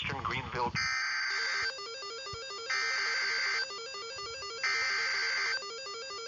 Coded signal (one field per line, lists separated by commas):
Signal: Emergency Alert System (SAME) tones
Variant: header bursts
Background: speech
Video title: [EAS Timeline] South Carolina Tornado Outbreak 04-13-2020 EAS #37-46